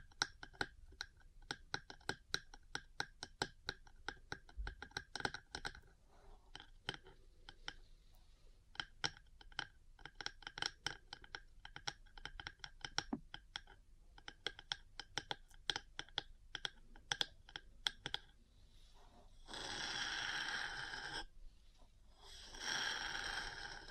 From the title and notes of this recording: ASMR 3Dio Metal Parts Tapping & Scratching for Sleep and Relaxation (No Talking).